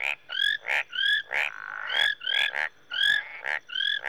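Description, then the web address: Marsh and tree frogs calling together: many rasping croaks in quick succession. Marsh frogs and tree frogs in Rwanda, Africa. "BBC Sound Effects Library. Rwanda, Marsh And Tree Frogs"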